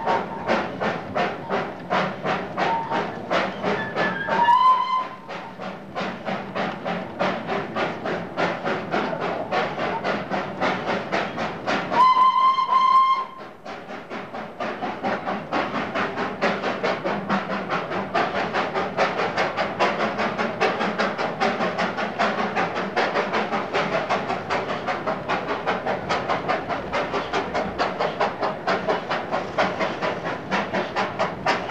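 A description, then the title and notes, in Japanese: A small mountain train climbs a grade with rapid, regular chuffing throughout, sounding two bright whistle blasts near five and twelve seconds. ダージリン鉄道～勾配を上がるトイトレイン。インドのダージリン鉄道。車内で録音していますが、勇壮なまでの走行音を奏でています。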